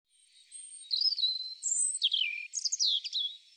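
European robin song of clear high whistles, quick downward slurs and scratchy flourishes, delivered in several bright bursts over roughly three seconds.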